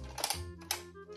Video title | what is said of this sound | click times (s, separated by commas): The Nerf Zombie Driller is a hammer action disaster | these cylinder actually like has a little click when it goes into place | 0.7 s